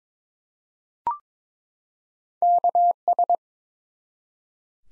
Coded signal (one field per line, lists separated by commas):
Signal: Morse code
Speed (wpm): 22 wpm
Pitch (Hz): 700 Hz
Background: none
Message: KS